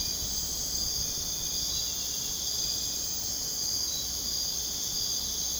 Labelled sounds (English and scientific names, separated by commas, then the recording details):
none
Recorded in dense forest near Puerto Asís, Putumayo, Colombia, on 22 June 2025 at 01:00
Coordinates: 0.486, -76.317
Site G065